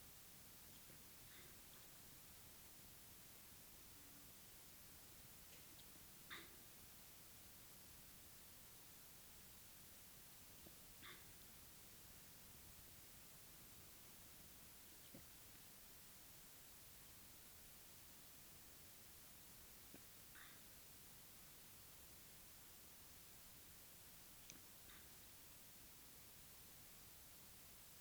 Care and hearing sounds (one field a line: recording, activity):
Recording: daily activity, guitar pickup as the sensor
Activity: drink water